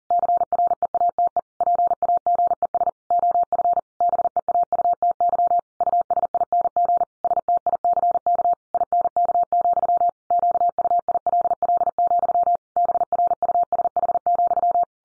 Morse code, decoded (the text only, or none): CREATE PAGES OF BEAUTY USING STICK INK, QUILL, BRUSH,